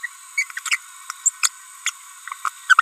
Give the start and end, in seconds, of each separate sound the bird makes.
0.04-0.06, 0.38-0.44, 0.66-0.77, 1.26-1.29, 1.43-1.48, 1.86-1.90, 2.69-2.74, 2.79-2.81